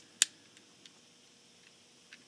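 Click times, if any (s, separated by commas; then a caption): 0.2 s. With the slide locked back, a steel takedown lever is pushed in at the 6 o'clock position into the frame of a Bodyguard 380 pocket pistol, then rotated to 3 o'clock. A sharp, bright click at 0.2 s marks the lever seating into place, followed by a few faint small ticks. No one talks.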